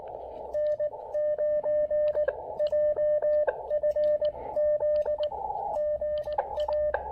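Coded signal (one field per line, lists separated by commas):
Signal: Morse code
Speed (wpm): 17 wpm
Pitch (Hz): 590 Hz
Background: radio noise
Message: N9JFZ GA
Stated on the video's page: QRP portable POTA park activation with Elecraft KX2 and AX1 antenna on 20 and 17 meters.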